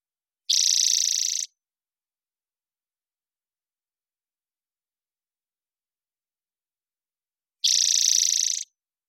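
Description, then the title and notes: Spotted towhee song: two buzzy trills, each about a second long and roughly seven seconds apart. Pacific Northwest, Washington, United States; parabolic microphone, clean-processed for clarity with natural pace and rhythm kept. "Spotted Towhee Song. Recorded in the beautiful Pacific Northwest, Washington, United States"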